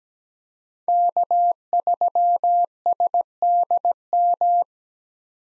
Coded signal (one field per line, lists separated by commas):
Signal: Morse code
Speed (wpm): 17 wpm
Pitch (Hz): 700 Hz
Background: none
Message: K3SDM